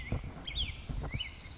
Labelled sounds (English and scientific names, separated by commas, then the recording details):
Black-headed Grosbeak (Pheucticus melanocephalus)
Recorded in Sonoma County, California